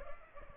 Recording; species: mosquito wingbeat signal from an infrared sensor; Aedes aegypti